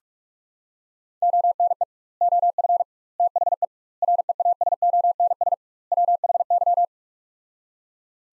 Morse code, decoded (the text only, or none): ONE OF THE REASONS WHY